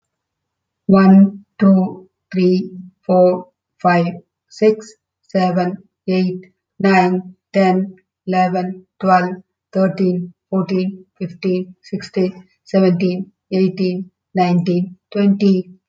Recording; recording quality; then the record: counting at a normal pace; excellent, no background noise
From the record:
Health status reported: healthy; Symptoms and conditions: hypertension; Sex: female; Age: 66 years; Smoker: not ticked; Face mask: not worn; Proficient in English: yes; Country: India